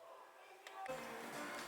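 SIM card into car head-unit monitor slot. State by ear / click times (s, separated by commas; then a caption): seated / 0.7 s. A SIM card is pushed into the slot on the back of an Android all-in-one head-unit monitor in a Mercedes-Benz E-Class W212/A207 Cabriolet, bent corner facing outward, over background music. A short, sharp click at 0.7 s marks the card catching and seating in the slot.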